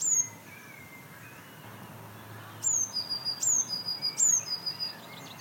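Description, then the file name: Eurasian blue tit song: three very high, thin descending notes, each followed by short lower tones, repeated in quick succession after a brief isolated note at the start. "Cyanistes caeruleus"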